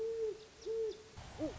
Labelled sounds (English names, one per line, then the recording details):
Great Horned Owl
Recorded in Sonoma County, California